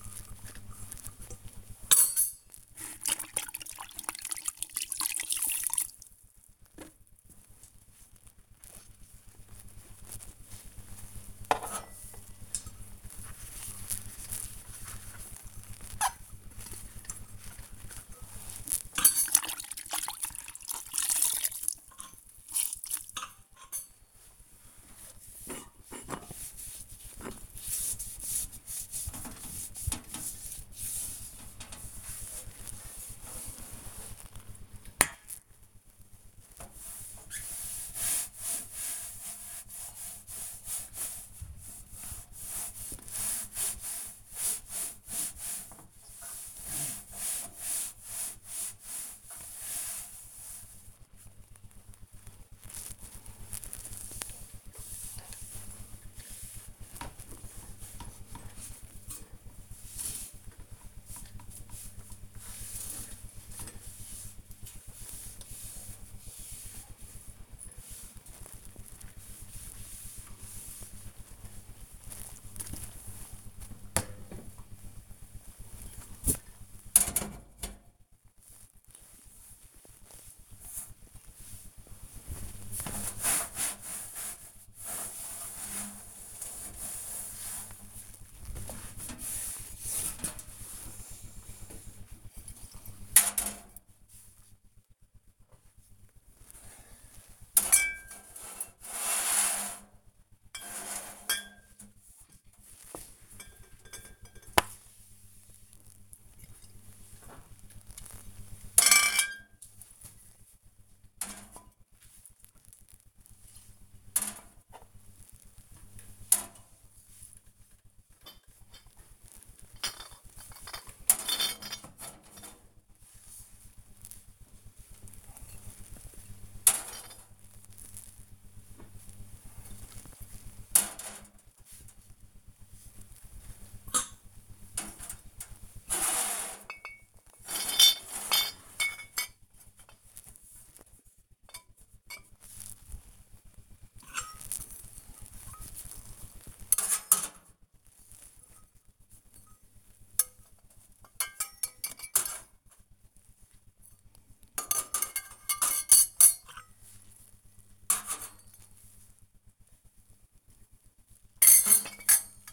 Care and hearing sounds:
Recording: household activities, microphone on the right wrist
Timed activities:
0.00-76.86 s: cleaning the cupboard
80.89-162.53 s: cleaning the cupboard

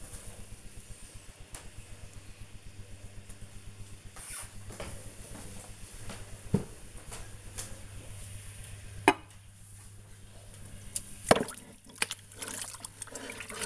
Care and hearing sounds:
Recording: household activities, microphone on the right wrist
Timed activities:
7.70-13.66 s: washing dishes

